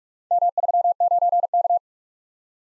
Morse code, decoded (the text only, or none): M39K